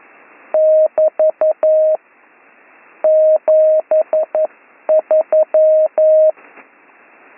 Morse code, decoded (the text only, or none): <BT> 73